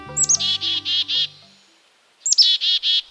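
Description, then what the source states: Black-capped chickadee calls: two chick-a-dee phrases, each a high sliding note followed by several buzzy dee notes. Found across the northern U.S. into Canada; calls 'chickadee' with its own regional accent.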